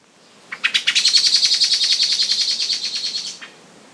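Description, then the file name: Common blackbird chattering call: a rapid, even series of sharp, clicking notes lasting about three seconds before stopping abruptly; quiet background. "Turdus merula"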